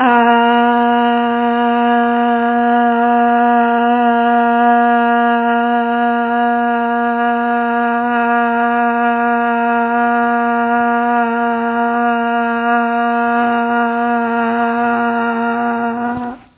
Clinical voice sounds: sustained vowel /a/; female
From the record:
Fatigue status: no fatigue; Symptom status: symptomatic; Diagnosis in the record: COVID-19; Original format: 3gp

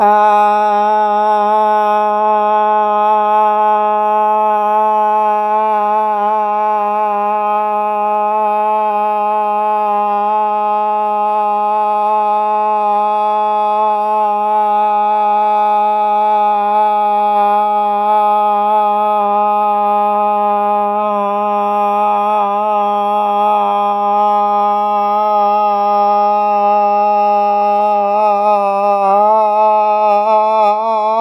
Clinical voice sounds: sustained vowel /a/; female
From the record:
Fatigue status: no fatigue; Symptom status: symptomatic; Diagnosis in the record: COVID-19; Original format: m4a

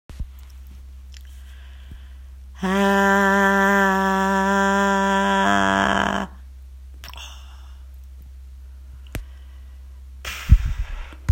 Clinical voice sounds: sustained vowel /a/; female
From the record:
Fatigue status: no fatigue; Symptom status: asymptomatic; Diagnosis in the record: COVID-19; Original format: m4a

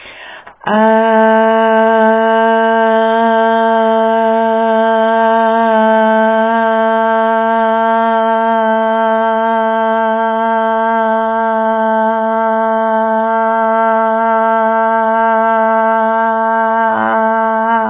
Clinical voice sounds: sustained vowel /a/; female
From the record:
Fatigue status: no fatigue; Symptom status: asymptomatic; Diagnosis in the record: COVID-19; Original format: 3gp

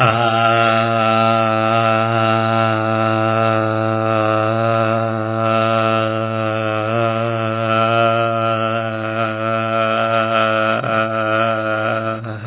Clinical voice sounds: sustained vowel /a/; male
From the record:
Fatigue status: no fatigue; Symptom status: symptomatic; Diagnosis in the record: COVID-19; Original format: 3gp

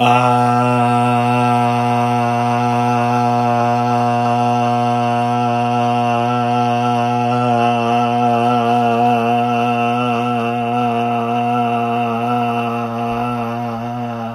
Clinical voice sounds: sustained vowel /a/; male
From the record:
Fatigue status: fatigue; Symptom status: symptomatic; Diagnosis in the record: COVID-19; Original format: m4a

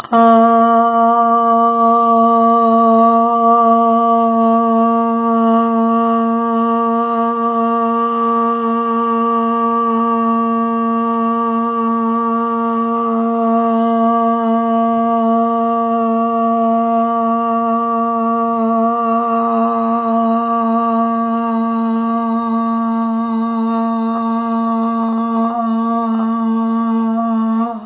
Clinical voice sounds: sustained vowel /a/; female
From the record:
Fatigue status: fatigue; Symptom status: symptomatic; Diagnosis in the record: COVID-19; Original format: 3gp

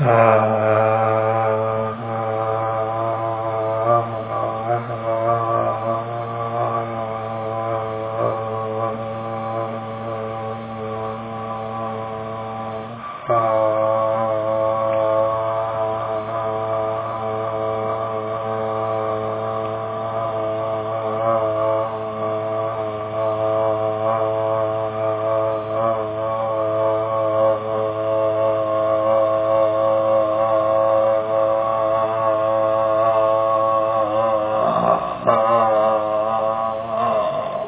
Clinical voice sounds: sustained vowel /a/; male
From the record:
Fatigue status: no fatigue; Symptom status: asymptomatic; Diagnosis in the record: COVID-19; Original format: 3gp

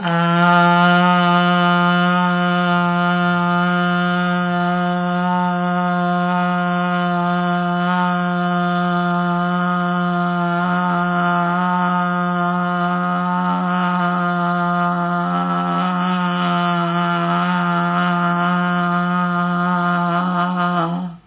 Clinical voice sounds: sustained vowel /a/; female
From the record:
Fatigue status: no fatigue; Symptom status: symptomatic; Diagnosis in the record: COVID-19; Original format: 3gp

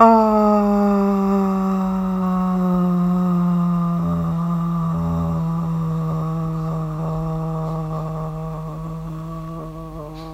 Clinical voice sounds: sustained vowel /a/; female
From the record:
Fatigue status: no fatigue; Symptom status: asymptomatic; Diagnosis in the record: COVID-19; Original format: m4a

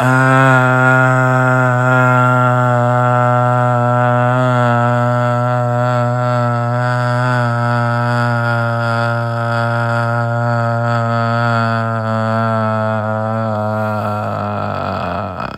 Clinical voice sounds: sustained vowel /a/; male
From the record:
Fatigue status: no fatigue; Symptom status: asymptomatic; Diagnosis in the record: COVID-19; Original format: m4a

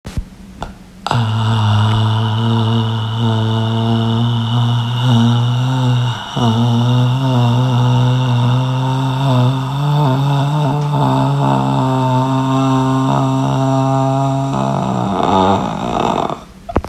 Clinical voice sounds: sustained vowel /a/; female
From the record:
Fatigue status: fatigue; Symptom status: symptomatic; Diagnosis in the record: COVID-19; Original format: m4a

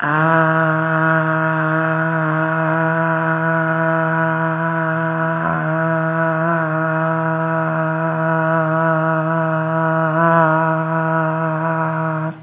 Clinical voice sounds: sustained vowel /a/; female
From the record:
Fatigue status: no fatigue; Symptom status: symptomatic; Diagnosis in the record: COVID-19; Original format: 3gp

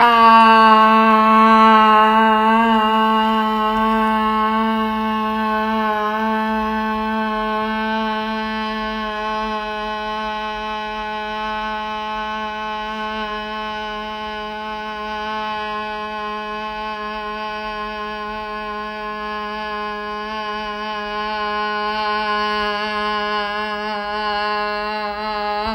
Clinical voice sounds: sustained vowel /a/; female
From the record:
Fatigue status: no fatigue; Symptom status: symptomatic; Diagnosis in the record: COVID-19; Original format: m4a

